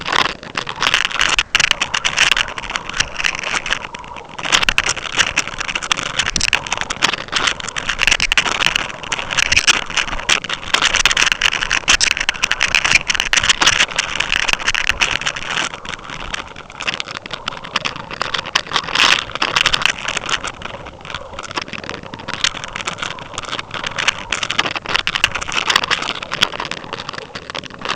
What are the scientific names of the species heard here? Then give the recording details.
none. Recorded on Arctic tundra, site UTQI-5, on 12 June 2019. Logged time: 00:00